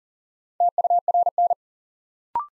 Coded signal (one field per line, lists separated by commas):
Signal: Morse code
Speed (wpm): 40 wpm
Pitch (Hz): 700 Hz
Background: none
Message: TURN